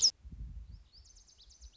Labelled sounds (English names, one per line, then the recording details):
Lazuli Bunting
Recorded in Sonoma County, California